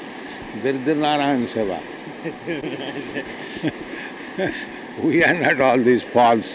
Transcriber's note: laughs